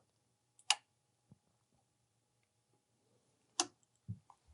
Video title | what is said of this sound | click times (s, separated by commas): How to open a vitrectomy pack & install the I/A tubing system - Faros - #010 | Pull it into the wealth until you hear also a clicking sound. | 0.7 s, 3.6 s